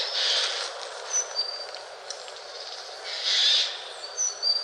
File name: noetteskrike